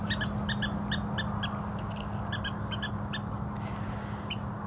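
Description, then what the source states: Water rail calls: quick series of sharp, high, ringing notes, often paired, repeating irregularly over a low steady hum and background hiss. Recorded this week by a reporter; a secretive, scarce reedbed bird rarely seen but heard; field guides say it can squeal like piglets, though this call sounds lovely.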